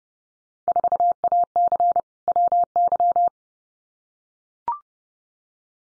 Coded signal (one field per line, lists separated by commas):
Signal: Morse code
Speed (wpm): 30 wpm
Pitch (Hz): 700 Hz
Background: none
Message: 4AC WY